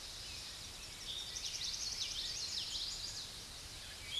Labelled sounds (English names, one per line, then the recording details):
Common Yellowthroat song
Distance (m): 55 m
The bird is about 10 m above the microphone
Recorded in a Pennsylvania forest on 16 May 2024 at 07:11
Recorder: AudioMoth, point MSD-1035
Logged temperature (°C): 16.3 °C
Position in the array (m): 242 m, 174 m